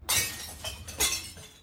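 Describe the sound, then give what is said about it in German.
Glass jars of preserved cherries, strawberries and red cabbage from the 1970s, cleared from a basement cupboard, smash into a dumpster in front of the door: a loud crash followed by two more bright shattering bursts and scattered tinkling of shards over under two seconds, with no voices. “Jetzt landet alles auf dem Container vor der Tür.”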